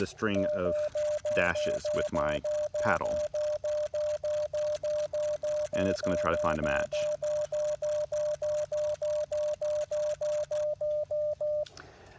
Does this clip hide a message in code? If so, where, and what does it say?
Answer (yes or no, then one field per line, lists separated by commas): no